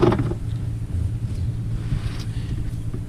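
The plastic connectors of a MAPTUNER X tuner cable are handled and lined up at the diagnostic port of a Can-Am Maverick or similar UTV, with a brief sharp handling noise at about 0.1 s over a steady low vehicle rumble. Nothing has seated or clicked yet.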